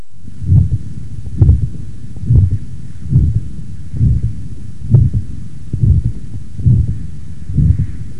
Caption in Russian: Самостоятельный систолический шум на легочной артерии выслушивается редко. При этом, чаще всего, он является функциональным, так как связан с несоответствием объемной скорости кровотока и просвета этого сосуда. Систолический шум в третьей точке аускультации у здорового молодого пациента с вегетососудистой дистонией.